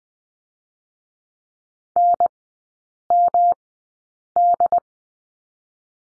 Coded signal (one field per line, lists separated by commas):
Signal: Morse code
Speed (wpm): 19 wpm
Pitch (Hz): 700 Hz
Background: none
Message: NMD